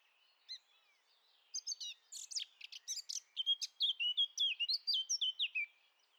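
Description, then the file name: Eurasian blackcap singing: a soft, quiet opening, then busy scratchy notes building into loud, rich whistled phrases that step downward in pitch. "Sylvia atricapilla"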